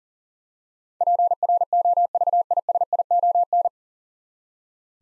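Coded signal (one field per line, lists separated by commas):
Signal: Morse code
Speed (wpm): 37 wpm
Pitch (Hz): 700 Hz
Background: none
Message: PROVISION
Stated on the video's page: Morse practice of nine-letter words at 40 wpm, each sent, then spoken, then sent again.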